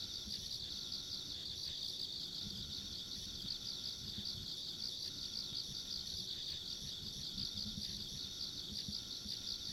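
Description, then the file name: Insects calling together in a continuous high, rapidly pulsed shimmer, a faint steady upper tone, and low background rumble. Ambient insect sounds along a country road. "田舎道の虫の環境音"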